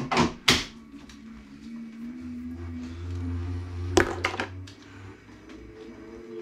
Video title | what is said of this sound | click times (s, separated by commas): Alpe du Zwift UNDER 1hr, Lockdown and MOTIVATION - Training Vlog #004 | that clicking noise you can hear is me locking into the pedals with 20 seconds to go okay | 0.5 s, 4.0 s